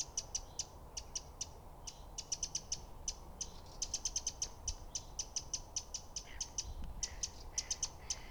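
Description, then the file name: Eurasian wren calling, hard clicking ticks in uneven bursts of several. "Troglodytes troglodytes"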